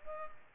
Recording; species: mosquito wingbeat signal from an infrared sensor; Culex pipiens